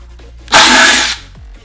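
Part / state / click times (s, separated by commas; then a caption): small screw in the back panel of a speaker housing / stripped / 0.5 s. An impact driver is run on a small screw in the back panel of a plastic LG speaker housing to remove it, with a sharp onset at 0.5 s followed by a loud, broadband whirring burst until about 1.15 s. The driver is far too strong, and the bit strips the screw head.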